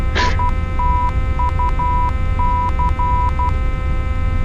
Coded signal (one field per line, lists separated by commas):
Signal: Morse code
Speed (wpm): 12 wpm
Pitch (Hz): 990 Hz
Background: none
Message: ITUC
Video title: #EasternHops | Seattle Tacoma Approach | EAS8780